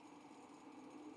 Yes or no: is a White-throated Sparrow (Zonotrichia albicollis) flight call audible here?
no